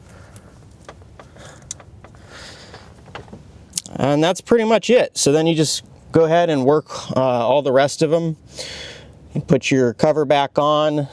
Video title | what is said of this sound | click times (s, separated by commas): This Fixed My Silverado’s Misfire! TRQ Ignition Coils Install (2016 1500) | And then put your wire back on till it clicks. Push your red tab down. | 1.7 s